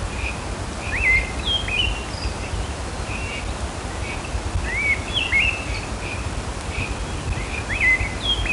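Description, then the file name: Great thrush calls: thin, sharp chirping notes with quick upward and downward slurs, given in irregular bursts throughout, over a constant low rumbling background noise. "Turdus fuscater - Great Thrush"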